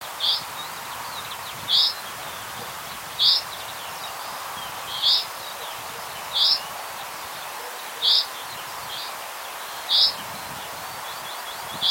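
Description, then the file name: Common chaffinch calling with a clipped, bright single note repeated several times at steady intervals over background hiss. "Fringilla coelebs"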